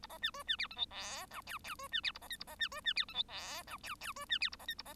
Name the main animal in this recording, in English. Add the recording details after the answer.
Bengalese Finch. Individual Bird1